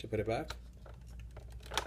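Someone talks while the plastic dozer blade on a toy Cat excavator is handled at its height-adjustment lock, ready to be pulled back down into its lower position. Faint sharp taps come at about 0.9, 1.2, 1.4 and 1.7 seconds, with a louder one at 1.8 seconds. The blade has not yet seated or locked into place.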